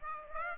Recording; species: mosquito wingbeat signal from an infrared sensor; Aedes aegypti